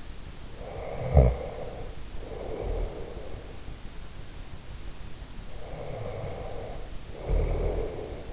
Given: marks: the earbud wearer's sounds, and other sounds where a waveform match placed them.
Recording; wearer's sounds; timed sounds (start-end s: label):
sounds in sleep by an in-ear microphone; snoring breath
0.59-3.42 s: snoring breath
5.42-8.33 s: snoring breath